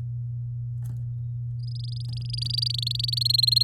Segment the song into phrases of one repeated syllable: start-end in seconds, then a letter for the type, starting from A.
1.60-3.19 A, 3.21-3.63 B